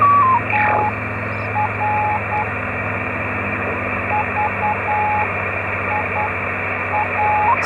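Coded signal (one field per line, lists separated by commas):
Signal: Morse code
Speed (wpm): 10 wpm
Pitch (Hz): 840 Hz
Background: radio noise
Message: TR VIA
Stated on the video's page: Foundation-privilege operating at 5 W on 10 and 15 metres into a small vertical antenna without radials.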